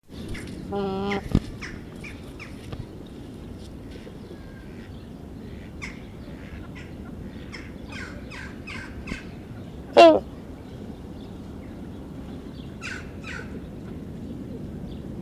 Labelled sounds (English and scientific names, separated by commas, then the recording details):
Trumpeter Swan (Cygnus buccinator) call
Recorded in captivity
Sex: group
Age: adult
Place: Tierpark Berlin, Berlin, DE
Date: 1974-01-13 12:00
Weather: sunny, ca. 5°C
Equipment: Uher 4200 Report Stereo, Sennheiser MD 421, Verstärker
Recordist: Tembrock, Günter